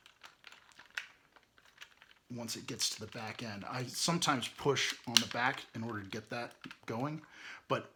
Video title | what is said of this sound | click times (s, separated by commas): MPM-6 Ironhide Transformers Masterpiece Movie figure Played With Toys Reviews | press this in to make sure that it's got the clearance and you'll also hear it click in | 1.0 s